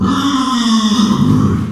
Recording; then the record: squeal of a Yucatan mini pig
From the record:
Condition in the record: after surgery on the right vocal fold (resection and tissue-engineered implant); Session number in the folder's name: 14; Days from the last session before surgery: 133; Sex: female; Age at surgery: 19 weeks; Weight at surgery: 25 kg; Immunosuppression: prednisolone